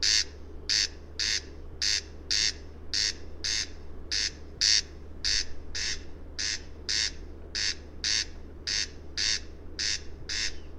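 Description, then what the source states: Corncrake call: a dry, rasping note repeated steadily through the whole stretch, over a faint low hum. Species of high conservation concern in Ireland.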